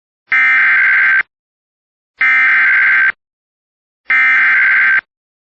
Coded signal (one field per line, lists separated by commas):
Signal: Emergency Alert System (SAME) tones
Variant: header bursts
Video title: [EAS] Severe Thunderstorm Warning for Far Northern Beltrami County (7/4/25)